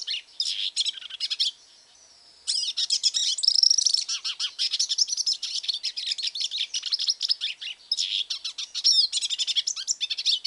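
Hooded siskin song: a fast, high twittering jumble of chirps and trills, pausing briefly about two seconds in before resuming in a continuous stream.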